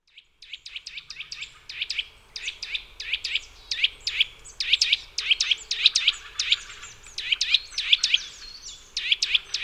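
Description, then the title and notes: Eurasian nuthatch sharp chipping calls in rapid, somewhat irregular series, dense and overlapping. Contact calls of a sedentary bird starting to vocalise in mild winter weather; fairly common in forests, parks and small woods. "Sonothèque naturophonia. La Sittelle torche-pot (Sitta europaea)"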